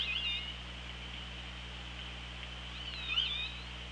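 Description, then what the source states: Orca, two short harmonic calls, one at the start and one near the end, each bending up and down, with underwater hiss and low hum between. Recorded by OrcaLab hydrophone on 24 August 2017 at 16:28.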